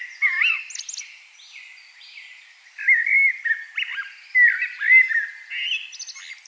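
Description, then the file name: Common blackbird song, with looping whistled notes and short high chirps, then a louder stretch of fluty warbling mixed with squeaky twitters. "Turdus merula"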